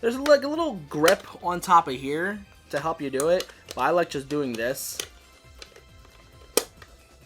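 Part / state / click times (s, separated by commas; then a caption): plastic robot toy body section into the main body / seated / 6.6 s. Someone talks while pressing a plastic body section of a Jakks Pacific Sonic Giant Eggman Robot (Death Egg Robot) toy back into the main body by hand. The toy's body halves snap back together with one sharp snap at 6.6 s, and the section is seated.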